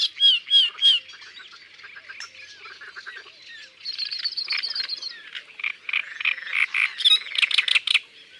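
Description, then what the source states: Great reed warbler song: loud harsh croaking notes alternating with grating chatter and brief squeaky phrases, delivered in rapid bursts. Isère, France.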